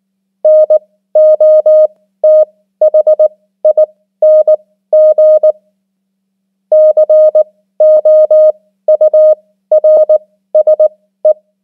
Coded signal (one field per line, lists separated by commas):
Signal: Morse code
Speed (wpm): 19 wpm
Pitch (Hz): 620 Hz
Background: none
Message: NOTHING COURSE